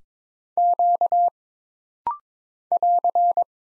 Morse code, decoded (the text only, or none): Q <AR>